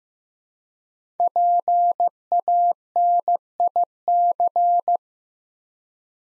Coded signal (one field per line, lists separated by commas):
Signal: Morse code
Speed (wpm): 15 wpm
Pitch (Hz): 700 Hz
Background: none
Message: PANIC